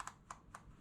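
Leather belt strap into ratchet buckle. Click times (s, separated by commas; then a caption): 0.0 s, 0.3 s, 0.6 s. A black leather gun belt strap (KORE X6) is fed through the top of its ratchet buckle, and the ratchet teeth click at 0.0, 0.3 and 0.6 seconds as sharp, bright ticks. The belt seats in the buckle, ratcheting tighter with each click.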